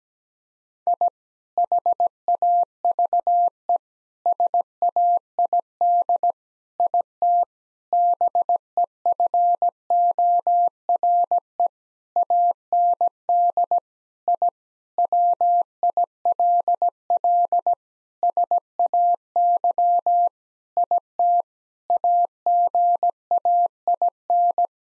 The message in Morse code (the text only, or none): I HAVE SAID IT BEFORE AND I WILL SAY IT AGAIN